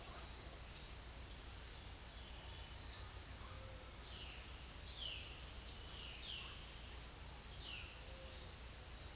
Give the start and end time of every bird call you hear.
[4.01, 8.13] Violaceous Jay

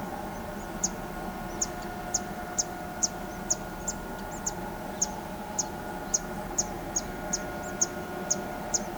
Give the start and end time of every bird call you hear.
[0.00, 8.97] White-eared Conebill

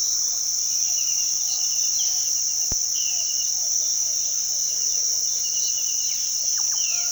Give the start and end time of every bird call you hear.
[6.37, 6.79] Russet-backed Oropendola
[6.75, 7.03] Violaceous Jay

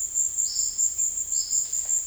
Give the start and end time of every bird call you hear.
[0.00, 1.69] Olive-faced Flatbill

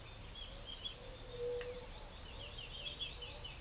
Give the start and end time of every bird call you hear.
[0.95, 1.94] White-tipped Dove
[2.25, 3.54] Scrub Greenlet
[2.37, 3.60] Eared Dove

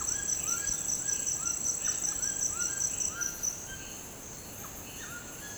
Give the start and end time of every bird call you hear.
[0.00, 5.57] White-throated Toucan

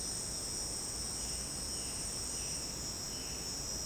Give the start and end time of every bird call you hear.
[1.25, 3.40] Violaceous Jay

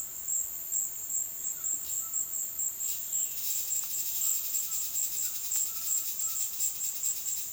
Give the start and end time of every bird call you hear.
[1.41, 2.19] White-throated Toucan
[4.13, 6.47] White-throated Toucan

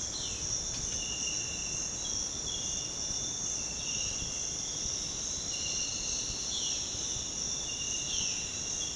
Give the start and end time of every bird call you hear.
[0.08, 0.49] Violaceous Jay
[3.90, 7.23] Silvered Antbird
[6.44, 8.36] Violaceous Jay

